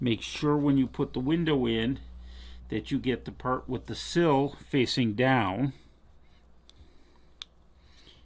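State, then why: Seated. A small plastic window insert, sill facing down, is pressed into the window opening of an HO-scale model building kit. Someone talks for the first six seconds, then a faint tick at 6.7 s is followed by a sharp snap at 7.4 s as the window seats in the wall opening.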